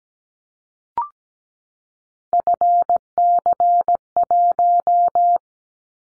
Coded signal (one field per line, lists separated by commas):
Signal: Morse code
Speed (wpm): 17 wpm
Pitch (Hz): 700 Hz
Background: none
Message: FC1